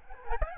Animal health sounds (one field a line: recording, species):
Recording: mosquito wingbeat signal from an infrared sensor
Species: Aedes albopictus